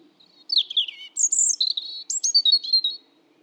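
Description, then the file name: European robin singing one rich phrase of thin high whistles, trills and quick slurred notes, jumping between pitches over about two and a half seconds. "Erithacus rubecula"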